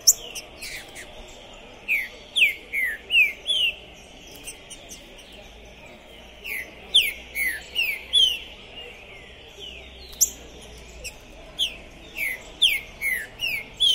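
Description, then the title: Green-winged saltator singing repeated phrases of sharp, downward-sliding whistles, four to six notes each, recurring every few seconds. Captive trinca-ferro chirping, singing and 'macheando' while warming up for a singing contest, at the tournament entrance; 2021. "ESQUENTAR Seu TRINCA Piando, Cantando E Macheando Na DISPUTA. TRINCA FERRO ficou POSSUÍDO na PORTA do TORNEIO. Trinca Ferro Pistoleiro 2021"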